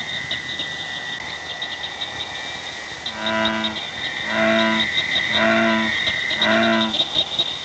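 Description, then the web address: True frog giving four harmonic croaks roughly a second apart in the second half, over constant insect buzzing. "frogs Family"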